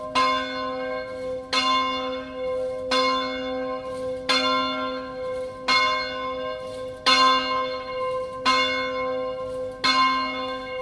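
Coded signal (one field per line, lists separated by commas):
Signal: bell signal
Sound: a single church bell struck steadily, about eight strokes, each ringing on with a hum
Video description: Battiore e distesa della grande (dura 2 minuti) delle 12:00 per l'Angelus feriale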